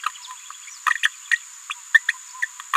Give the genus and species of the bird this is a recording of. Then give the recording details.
Forpus passerinus. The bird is a female. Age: 27 days. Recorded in a nest box in Venezuela. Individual 17B73B2